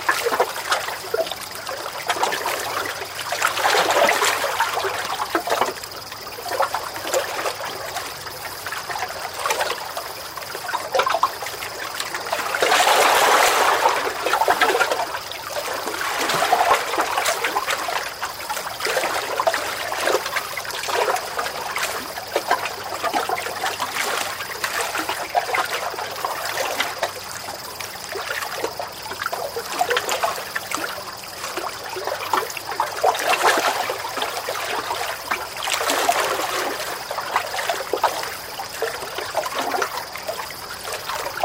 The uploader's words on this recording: Fishing Off the Dock at the Lake. You can hear the sound of the water lapping against the dock and the gentle hum of nature surrounding you.